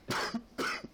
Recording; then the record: coughing mixed with background sound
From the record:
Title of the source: Coughing 60